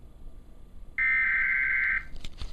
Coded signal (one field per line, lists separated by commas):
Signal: Emergency Alert System (SAME) tones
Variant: header bursts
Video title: (EAS#45-47)(VERY RARE!!) Civil Emergency Message